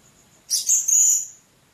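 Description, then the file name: Blue-crowned hanging parrot giving a single shrill, high-pitched trilled call lasting under a second. "serindit"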